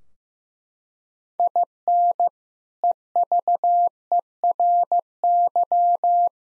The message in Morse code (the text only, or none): IN EVERY